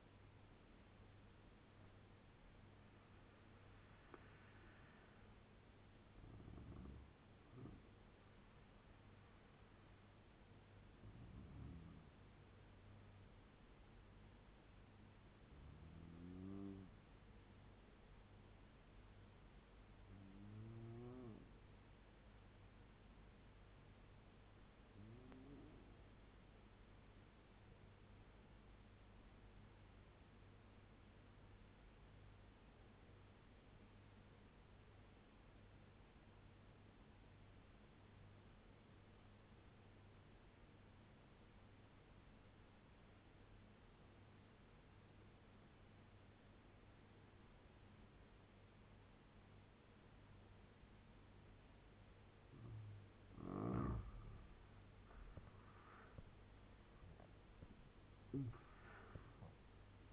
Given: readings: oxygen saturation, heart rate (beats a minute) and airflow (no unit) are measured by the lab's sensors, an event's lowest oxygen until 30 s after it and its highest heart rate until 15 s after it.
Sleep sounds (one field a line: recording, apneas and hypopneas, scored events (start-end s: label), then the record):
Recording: breathing in sleep by a voice recorder at the bedside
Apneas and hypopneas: 1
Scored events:
5.00-35.00 s: new sleep stage, N1 (lightest sleep)
29.00-55.90 s: obstructive apnea (N1, oxygen 95% highest, then 85% lowest, heart rate 76 at the start, 89 highest)
35.00-60.12 s: new sleep stage, N2 (light sleep)
From the record:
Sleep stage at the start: N2 (light sleep)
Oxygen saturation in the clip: 86 to 97%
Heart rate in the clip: 72 to 89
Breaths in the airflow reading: 7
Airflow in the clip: -8.3 to 11.2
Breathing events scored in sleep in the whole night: 201 in 6.5 hours asleep